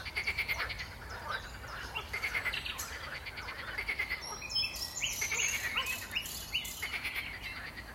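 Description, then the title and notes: Frogs croaking in a chorus of rapid pulsed, rattling calls, overlapping and repeated throughout. Frogs in a pond at Saint-Jean-le-Blanc, France. "Saint-Jean-le-Blanc, France - Frogs party. grenouilles dans l'étang, passants qui se baladent, qui me disent bonjour"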